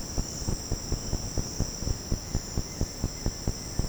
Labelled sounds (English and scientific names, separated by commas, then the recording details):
none
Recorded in secondary vegetation near Puerto Asís, Putumayo, Colombia, on 13 March 2025 at 09:00
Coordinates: 0.481, -76.318
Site G097